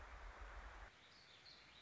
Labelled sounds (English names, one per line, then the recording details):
Warbling Vireo
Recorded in Sonoma County, California